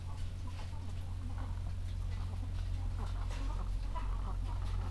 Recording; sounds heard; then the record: poultry house recording; sick chickens (respiratory disease)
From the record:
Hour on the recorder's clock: 14